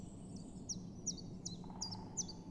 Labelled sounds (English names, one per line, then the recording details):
Common Chiffchaff
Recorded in Germany
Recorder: ecoPi